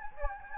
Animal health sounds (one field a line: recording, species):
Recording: mosquito wingbeat signal from an infrared sensor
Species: Anopheles gambiae